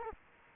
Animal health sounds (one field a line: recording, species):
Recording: mosquito wingbeat signal from an infrared sensor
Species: Culex quinquefasciatus